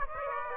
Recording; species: mosquito wingbeat signal from an infrared sensor; Aedes aegypti